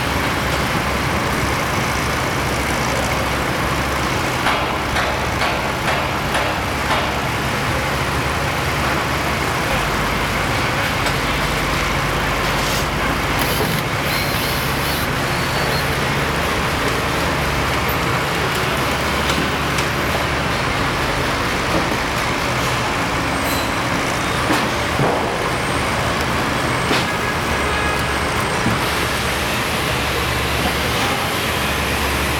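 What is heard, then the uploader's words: Ambience recorded at a site, filled with a steady roar of vehicle noise, like a busy road or engines idling. The low rumble holds constant throughout, with scattered clicks and knocks around 5–8 and 24–27 seconds and a faint high whine near the end. Simultaneous site ambience.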